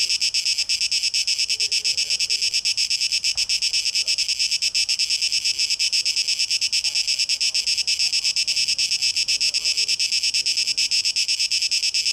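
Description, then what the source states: Cicadas rasping in a continuous high, fast-throbbing drone, with faint twittering sounds underneath. Cicadas, 12 August 2023, tape echo mix.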